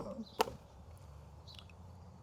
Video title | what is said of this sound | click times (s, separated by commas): Toyota Tacoma Sequential Turn Signals — Are They Worth the Upgrade? | So a little bit more. Popped | 0.4 s